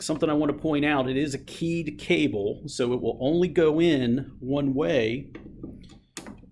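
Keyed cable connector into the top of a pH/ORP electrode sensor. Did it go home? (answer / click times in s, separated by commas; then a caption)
yes / 6.2 s. A keyed cable connector, which only fits one way, is lowered onto the top of a pH/ORP electrode sensor and pushed home while someone talks. It snaps in place with a sharp click at 6.2 seconds, and the connector is seated.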